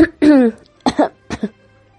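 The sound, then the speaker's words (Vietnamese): A voice imitates a young woman character, Diệp Kết Mạn, coughing deliberately a few times: a drawn-out, voiced throat-clearing cough followed by two shorter, sharper coughs, loud and alone with pauses between them. “Diệp Kết Mạn cố ý ho khan vài tiếng, cắt đứt Kỷ Tây Vũ.”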